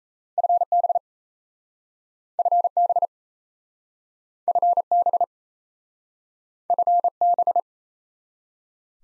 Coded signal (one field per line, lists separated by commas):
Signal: Morse code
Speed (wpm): 38 wpm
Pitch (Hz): 700 Hz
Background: none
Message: FB FB FB FB